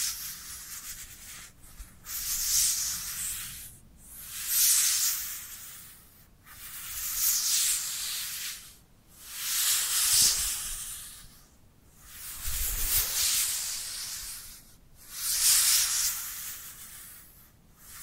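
Dry hands rub together in slow, repeated strokes, each a soft, bright hiss that swells and fades over about two seconds. Roughly eight strokes follow one another with brief near-silent gaps, and faint low thumps sit underneath a few of them.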